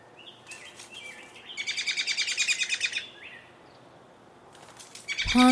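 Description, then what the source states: Bird calls: a few thin high notes, then a rapid buzzy chattering burst of about a second and a half, more faint chatter, ending with a sudden loud sound. Straining bird call, recorded close-up.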